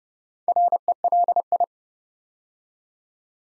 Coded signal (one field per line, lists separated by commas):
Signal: Morse code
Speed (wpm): 30 wpm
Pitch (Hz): 700 Hz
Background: none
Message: RELI